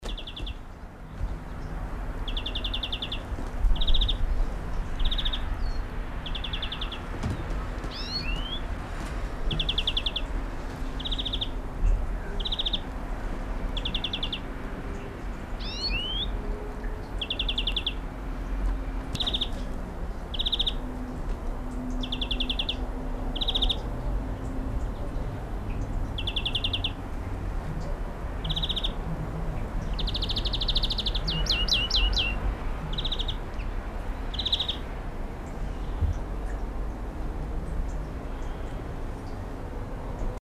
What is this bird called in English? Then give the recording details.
European Greenfinch. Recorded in the wild. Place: Oberstdorf, Bayern, DE. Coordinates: 47.415, 10.2603. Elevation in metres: 889. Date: 1980-04-05. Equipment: Uher 4000 Report. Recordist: Tretzel, Erwin. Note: Karsonnabend, Hotel Adula, Oberstdorf: Gesang